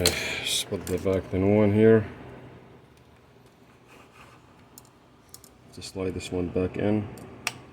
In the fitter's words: Hear that click.